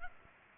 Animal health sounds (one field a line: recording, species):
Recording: mosquito wingbeat signal from an infrared sensor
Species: Culex pipiens